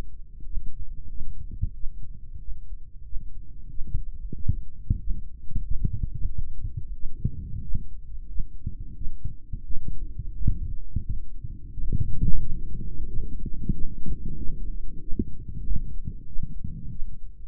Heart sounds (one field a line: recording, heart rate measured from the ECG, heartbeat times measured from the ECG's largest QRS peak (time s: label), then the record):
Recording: heart sounds by microphone in the right ear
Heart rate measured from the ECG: 91 bpm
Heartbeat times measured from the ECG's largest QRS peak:
0.48 s: heartbeat
1.12 s: heartbeat
1.77 s: heartbeat
2.42 s: heartbeat
3.07 s: heartbeat
3.72 s: heartbeat
4.37 s: heartbeat
5.02 s: heartbeat
5.66 s: heartbeat
6.30 s: heartbeat
6.96 s: heartbeat
7.64 s: heartbeat
8.30 s: heartbeat
8.97 s: heartbeat
9.66 s: heartbeat
10.36 s: heartbeat
11.05 s: heartbeat
11.74 s: heartbeat
12.43 s: heartbeat
13.10 s: heartbeat
13.75 s: heartbeat
14.40 s: heartbeat
15.03 s: heartbeat
15.66 s: heartbeat
16.29 s: heartbeat
16.92 s: heartbeat
From the record:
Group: healthy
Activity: rest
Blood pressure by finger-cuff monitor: 142/98 mmHg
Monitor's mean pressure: 111 mmHg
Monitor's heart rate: 91 bpm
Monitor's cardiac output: 4.1 L/min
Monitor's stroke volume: 45 mL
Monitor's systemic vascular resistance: 1980 dyn s/cm5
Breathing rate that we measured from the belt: 24 breaths a minute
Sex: male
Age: 55 years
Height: 167 cm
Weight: 57.2 kg